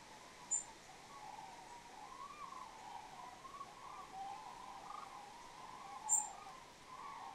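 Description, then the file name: European robin giving two sharp, high ticking calls about five and a half seconds apart over a steady droning hum. "Erithacus rubecula"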